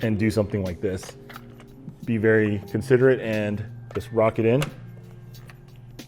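Someone talks over background music while an AK-style metal airsoft magazine is gently rocked into the magazine well of an AEG rifle. A few faint metallic ticks come near the end, and the magazine locks into place with a click at about 6.0 s.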